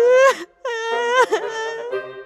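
A woman wails and cries loudly in long, high-pitched, quavering bursts, her voice breaking into sobbing catches between them, with no words spoken.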